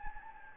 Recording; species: mosquito wingbeat signal from an infrared sensor; Anopheles gambiae